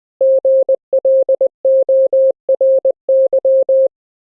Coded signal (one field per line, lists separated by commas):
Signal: Morse code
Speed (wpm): 20 wpm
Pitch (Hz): 530 Hz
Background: none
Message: GLORY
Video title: QSO morse code audio OVER the INTERNET with a friend using Gstreamer's AMR-NB audio codec